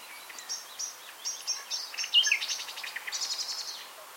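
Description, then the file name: Common nightingale song: a varied phrase of high whistled and ticking notes, building into rapid repeated strokes and ending in a brief buzzy trill, over faint background hiss. "Luscinia megarhynchos"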